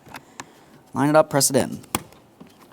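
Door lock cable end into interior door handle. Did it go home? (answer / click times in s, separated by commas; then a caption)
yes / 2.1 s. A door lock cable with a blue plastic end is lined up and pressed into the interior front door handle of a 2015-2019 Subaru Outback while someone talks. A small click at 2.1 s marks the cable end seating, and it is confirmed secured with a double check.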